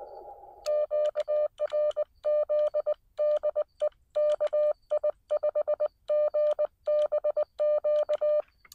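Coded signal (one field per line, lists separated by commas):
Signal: Morse code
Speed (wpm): 20 wpm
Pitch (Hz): 600 Hz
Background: none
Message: QRZ DE KI5GBQ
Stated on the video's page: CW park activation using a Xiegu X6100 on 20 metres with an end-fed half-wave antenna.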